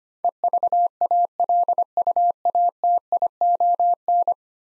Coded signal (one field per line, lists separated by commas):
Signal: Morse code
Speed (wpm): 25 wpm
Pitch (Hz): 700 Hz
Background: none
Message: EVALUATION